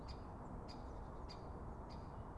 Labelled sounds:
Great Spotted Woodpecker
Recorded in Germany
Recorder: ecoPi

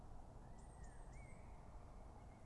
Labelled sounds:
Eurasian Blue Tit
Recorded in Germany
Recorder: ecoPi

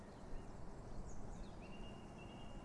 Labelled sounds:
Great Tit
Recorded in Germany
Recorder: ecoPi

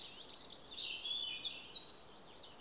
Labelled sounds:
Common Chiffchaff
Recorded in Germany
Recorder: ecoPi

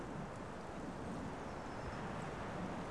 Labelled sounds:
Eurasian Blue Tit
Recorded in Germany
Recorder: ecoPi

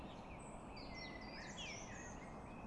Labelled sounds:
Common Blackbird
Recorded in Germany
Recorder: ecoPi

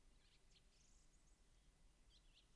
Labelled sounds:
Song Thrush
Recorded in Germany
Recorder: ecoPi

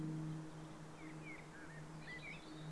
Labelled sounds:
Common Blackbird
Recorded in Germany
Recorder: ecoPi

